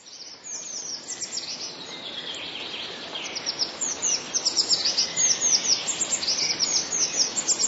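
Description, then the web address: Eurasian blue tit song, quiet at first, then building into a dense run of high, quick downslurred chirps through the second half, over steady hiss. "wroblowe teka spiew. modraszkoteka"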